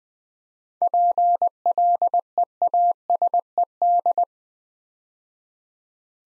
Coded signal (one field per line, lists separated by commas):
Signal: Morse code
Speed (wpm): 20 wpm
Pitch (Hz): 700 Hz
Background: none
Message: PLEASED